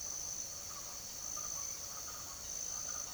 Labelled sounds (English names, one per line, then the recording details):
Speckled Chachalaca
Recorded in secondary vegetation near Puerto Asís, Putumayo, Colombia, on 23 June 2025 at 07:00
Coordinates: 0.489, -76.322
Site G021